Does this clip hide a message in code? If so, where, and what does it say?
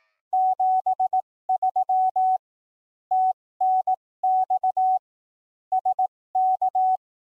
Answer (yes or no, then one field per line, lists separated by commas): yes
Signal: Morse code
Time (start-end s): 0.3-7.0 s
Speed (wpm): 18 wpm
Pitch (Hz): 750 Hz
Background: none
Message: 73 TNX SK